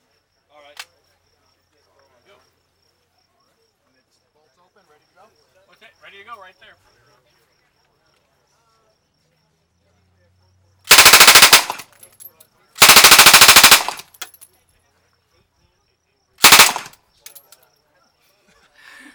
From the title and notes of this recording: Me firing a Colt Thompson submachinegun.